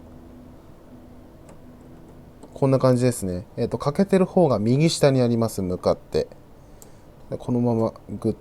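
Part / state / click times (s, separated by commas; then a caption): B-CAS card into TV card slot / not seated / none. A plastic B-CAS card is lined up with its notched corner at the bottom right and starts going into a TV's card slot while someone talks. Only faint handling ticks sound under the speech, and the card has not been pushed home or clicked yet.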